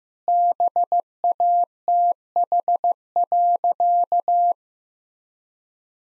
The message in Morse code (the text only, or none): BATH.